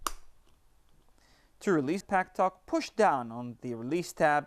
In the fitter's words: then press firmly on the backside until you hear that click